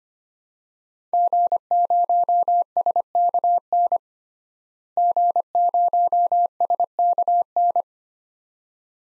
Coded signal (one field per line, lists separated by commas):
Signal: Morse code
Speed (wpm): 25 wpm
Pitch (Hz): 700 Hz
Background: none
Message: G0SKN G0SKN